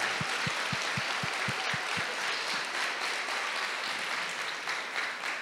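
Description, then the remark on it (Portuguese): A church audience bursts into sustained, dense applause for the Lord Jesus, a steady wash of many hands clapping at once, with a quick run of regular low thumps beating underneath during the first couple of seconds. “Aplauda o Senhor Jesus.”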